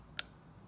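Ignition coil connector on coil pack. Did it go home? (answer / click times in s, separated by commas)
released / 0.2 s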